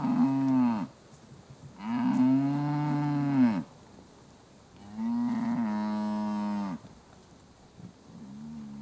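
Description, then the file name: South Devon cattle mooing: three long harmonic moos separated by short pauses, and the start of a fourth at the end. Suckling herd being fed in a field, recorded very close. "South Devon suckling herd being fed in field, very close perspective"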